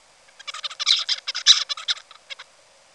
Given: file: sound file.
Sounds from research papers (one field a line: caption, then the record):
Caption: Song of bird #6 (56 days post-hatch).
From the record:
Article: Common Features of Neural Activity during Singing and Sleep Periods in a Basal Ganglia Nucleus Critical for Vocal Learning in a Juvenile Songbird